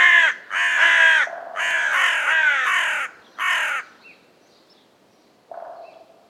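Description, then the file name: Carrion crow calling with a quick series of hoarse, harsh caws, then quiet with one fainter, lower call near the end. "Corvus corone"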